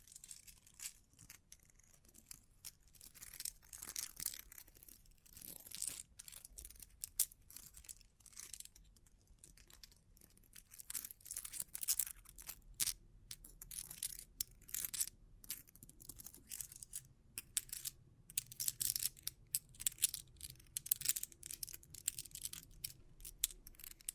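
Bling bling triggers: dense, bright clicking and crinkling taps and jingles, sparser early on, growing busier and sharper through the second half over a low hum.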